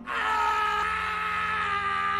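An anguished, wailing scream holds loud and unbroken for a couple of seconds, its strained, piercing tone wavering slightly and easing only a little at the very end.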